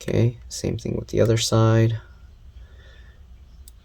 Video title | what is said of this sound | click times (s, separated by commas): 13" Inch 2020 M1 MacBook Air A2337 Liquid Spill Clean Up Repair Motherboard Logicboard Removal | And then click it. There we go. | 3.7 s